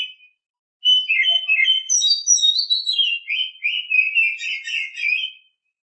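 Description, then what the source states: Oriental magpie-robin song: a long, varied run of rich whistled and chattering phrases, rising to high notes and then sliding down into a busy, warbling stretch. Champion-class bird.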